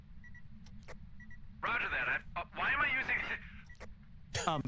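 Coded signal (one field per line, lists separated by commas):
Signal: none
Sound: a game's beeps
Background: speech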